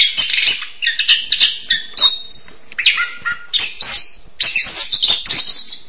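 Bird song, rapid high chirping and warbling in short bursts, with a couple of clear slurred whistles in the middle.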